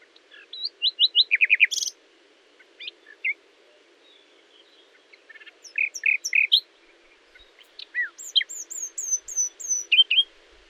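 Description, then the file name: Common nightingale song in varied bursts: rapid repeated chips, scattered sharp notes and high rising whistles, phrases separated by short silences. "Luscinia megarhynchos"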